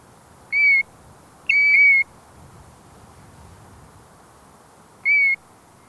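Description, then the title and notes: European Golden Plover giving clear whistled notes, two fairly close together, then a pause before a third, with faint background hiss. "Viikon luontoääni: Kapustarinta. Asko Hauta-aho"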